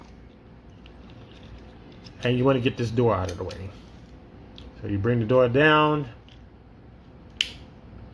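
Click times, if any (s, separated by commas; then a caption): 7.4 s. Someone talks while converting a transforming toy, bringing its plastic door down and pushing a plastic robot part into its body lock. A sharp click at 7.4 s marks the part seating and locking in place.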